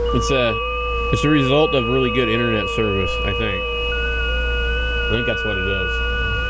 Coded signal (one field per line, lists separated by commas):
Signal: FT8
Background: speech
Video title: digital ham radio